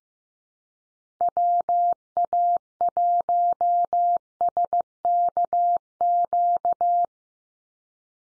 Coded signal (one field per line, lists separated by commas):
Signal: Morse code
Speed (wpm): 15 wpm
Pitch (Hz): 700 Hz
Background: none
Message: WA1SKQ